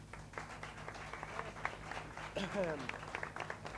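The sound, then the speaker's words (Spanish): An audience at a live show applauds with a dense, steady patter of many hands clapping, joined by scattered voices and a short rising whoop partway through. “Un aplauso, por favor.”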